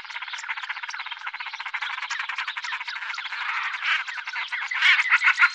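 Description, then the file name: Common shelduck cackling calls, a fast rattling series of harsh nasal notes, growing louder toward the end. "Gravand"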